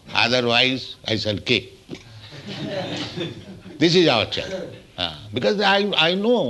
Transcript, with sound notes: Otherwise I shall kick." [laughter] This is our challenge. Because I know;